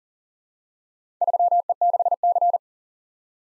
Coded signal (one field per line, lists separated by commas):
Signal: Morse code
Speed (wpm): 38 wpm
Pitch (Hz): 700 Hz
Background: none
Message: 3E6C